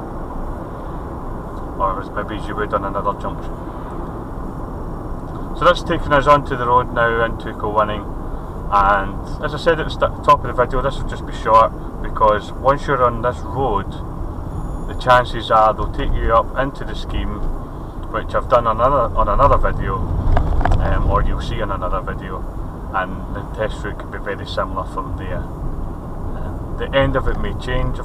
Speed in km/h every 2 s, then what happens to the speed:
47, 45, 42, 40, 37, 37, 37, 35, 35, 35, 35, 35, 37, 37.
0-8 slows to 37. 8-28 steady at about 35.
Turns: none.